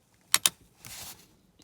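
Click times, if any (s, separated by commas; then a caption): 0.3 s, 0.5 s. A headlight rotary switch is pushed back into its dashboard aperture, and two sharp clicks at 0.3 s and 0.5 s mark its plastic retaining clips snapping home. A soft rustling follows from about 0.8 to 1.2 s, then a faint tick near 1.6 s. The switch is seated.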